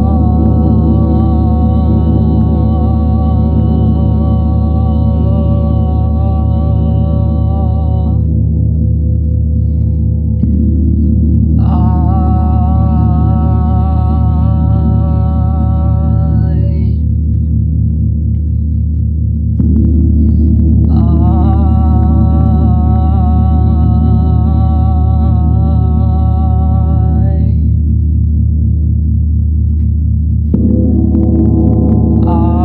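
A gong hums with a deep, continuous low drone that never fades. Every few seconds a brighter shimmering wash of overtones swells over it, around the starts, near 12 seconds, 20 seconds and again at 31 seconds, then drops away while the low roar keeps sounding.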